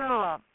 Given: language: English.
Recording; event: throat vibration sensor signal played as sound; speech